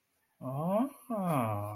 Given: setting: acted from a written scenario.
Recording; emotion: vocal sound without words; realization